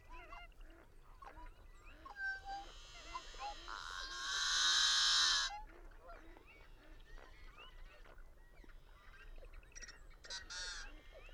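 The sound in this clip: Birds calling in a dense chorus, many overlapping short chirps and slurred notes, with a loud harsh screeching burst near the middle and more screeches toward the end.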